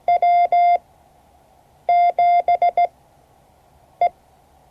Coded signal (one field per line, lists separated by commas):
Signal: Morse code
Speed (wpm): 16 wpm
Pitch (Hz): 690 Hz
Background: none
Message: W7E